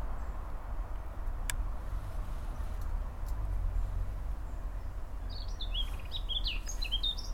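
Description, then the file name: Eurasian blackcap song, a lively warbled phrase of quick rising and falling notes near the end, following several seconds of low droning background. "Sylvia atricapilla"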